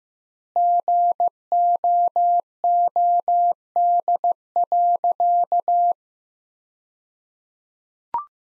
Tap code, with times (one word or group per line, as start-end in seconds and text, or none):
none